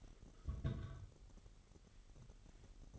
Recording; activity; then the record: daily activity, microphone in the room; place on stove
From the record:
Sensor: 4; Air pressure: 989.1 hPa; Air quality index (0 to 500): 210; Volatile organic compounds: 58 ppm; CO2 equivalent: 3392 ppm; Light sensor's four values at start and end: 29/97/36/38 and 29/99/36/38